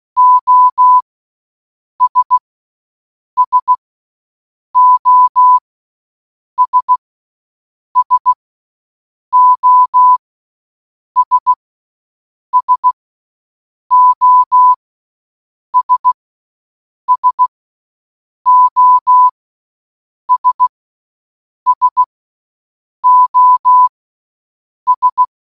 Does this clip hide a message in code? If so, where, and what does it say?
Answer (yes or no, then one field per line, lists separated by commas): yes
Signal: Morse code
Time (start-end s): 0.2-25.2 s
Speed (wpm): 16 wpm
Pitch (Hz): 1000 Hz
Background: none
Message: OS SOS SOS SOS SOS SOS